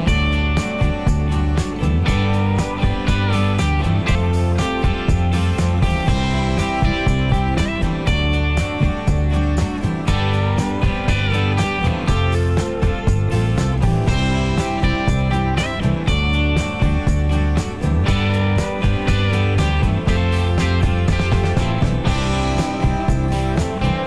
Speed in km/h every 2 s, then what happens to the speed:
68, 64, 60, 56, 50, 47, 44, 34, 27, 19, 13, 8.
0-24 slows to 8.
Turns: none.